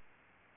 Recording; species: mosquito wingbeat signal from an infrared sensor; Aedes albopictus